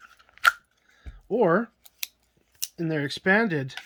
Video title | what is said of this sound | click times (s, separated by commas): Leatherman Raptor Trauma Shears | and as demonstrated earlier the shears can fit in they click snugly in place | 0.4 s